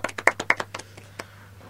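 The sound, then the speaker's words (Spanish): A short burst of applause, a dozen or so sharp, uneven hand claps that start loud and quickly thin out and fade, with a low steady hum underneath and no talking. “Un aplauso porque lo dijiste entre los primeros 5 minutos.”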